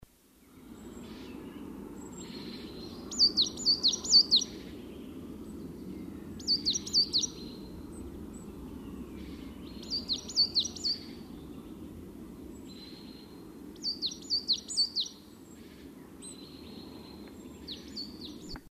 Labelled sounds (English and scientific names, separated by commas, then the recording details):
Coal Tit (Periparus ater) song
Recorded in the wild
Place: Kaiserslautern, Rheinland-Pfalz, DE
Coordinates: 49.4403, 7.749
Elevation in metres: 261
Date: 1977-03-09
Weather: warm, sunny
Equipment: Nagra IV, Sennheiser MKH 435, Parabolreflektor
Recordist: Tretzel, Erwin
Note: Kaiserslautern-Sauenholz, abends: Gesang